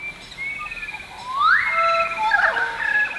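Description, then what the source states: Pied currawong song: clear whistled notes that slide and rise smoothly between pitches, blending into sustained lilting tones over a soft background hiss. Normal song; lilting sounds that blend between notes.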